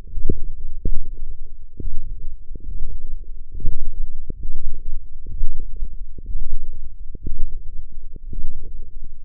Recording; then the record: forearm muscle sounds (acoustic myography)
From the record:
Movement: radial deviation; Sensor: system 1, eight BSWA MPA416 microphones around the upper forearm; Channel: 6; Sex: male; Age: 23 years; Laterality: right